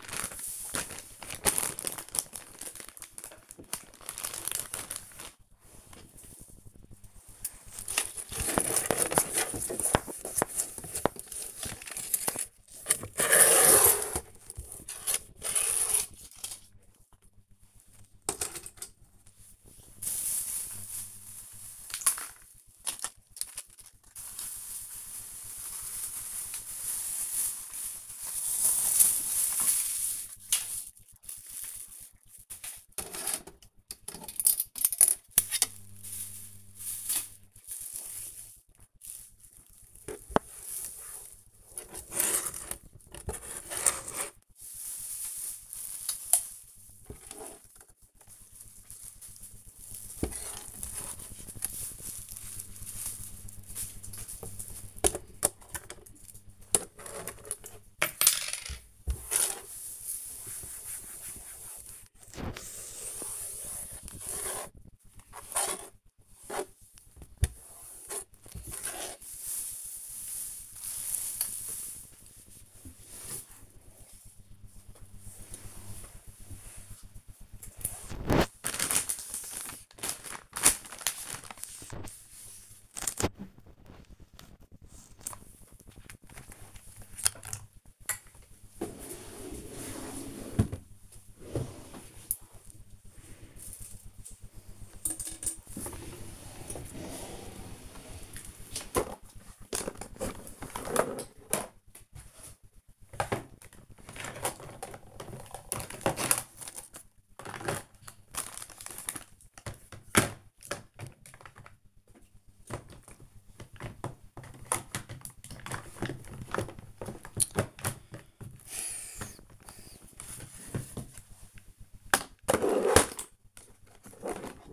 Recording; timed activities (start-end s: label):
household activities, microphone on the right wrist
0.00-40.62 s: tidy up the cupboard
51.67-75.80 s: cleaning the cupboard
84.82-124.73 s: tidy up the cupboard